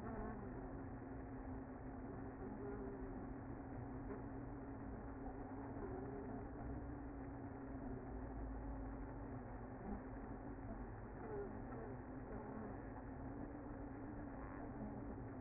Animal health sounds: honeybee colony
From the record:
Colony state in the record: active

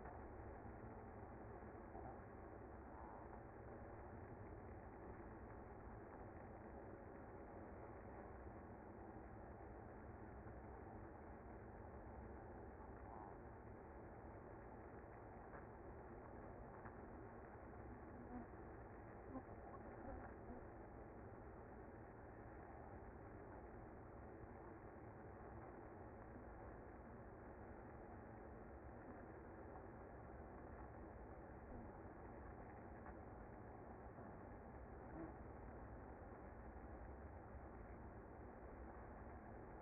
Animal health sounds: honeybee colony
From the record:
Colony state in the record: active

